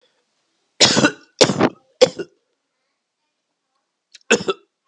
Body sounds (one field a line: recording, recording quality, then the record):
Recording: heavy voluntary cough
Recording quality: excellent, no background noise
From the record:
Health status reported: healthy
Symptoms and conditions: none ticked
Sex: male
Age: 38 years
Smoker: not ticked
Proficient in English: yes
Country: United States